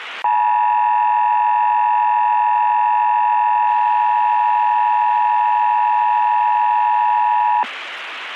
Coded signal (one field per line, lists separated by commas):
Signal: Emergency Alert System (SAME) tones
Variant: 853 and 960 Hz attention tone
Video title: Joke EAS Mock - Telamon ChickenNado warning.